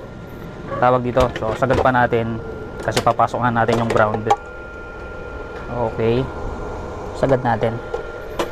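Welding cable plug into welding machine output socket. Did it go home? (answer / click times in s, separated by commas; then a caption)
no / none. A welding cable plug (the ground/torch cable) is being moved to the other output socket on a 2-in-1 welding machine and pushed toward being fully in. Someone talks throughout, with a brief sharp transient near the end at 8.4 s. Nothing has seated or clicked yet; the clip ends before the plug goes fully home.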